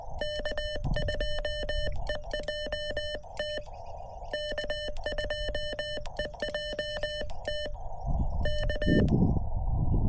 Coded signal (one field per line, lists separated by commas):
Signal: Morse code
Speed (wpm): 20 wpm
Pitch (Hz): 3000 Hz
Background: none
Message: K2EJT K2EJT K